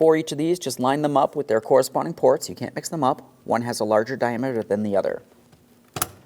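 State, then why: Seated. Someone talks while a plastic vacuum line fitting is lined up and pressed straight onto its matching port on the plastic intake of a 2015-2025 Ford Transit 250 3.7L V6; the two lines have different diameters, so they cannot be mixed up. After a short quiet pause, a sharp click is heard at 6.0 s as the fitting seats onto the port.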